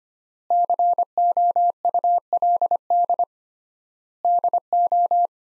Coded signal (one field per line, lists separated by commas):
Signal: Morse code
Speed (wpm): 25 wpm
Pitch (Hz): 700 Hz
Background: none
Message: COULD DO